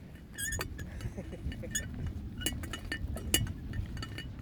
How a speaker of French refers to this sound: T'entends le grincement de la théière derrière? Ouais, ouais.